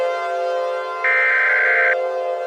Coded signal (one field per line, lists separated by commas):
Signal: Emergency Alert System (SAME) tones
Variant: header bursts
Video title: EAS Test Scenario - Computers Against Humanity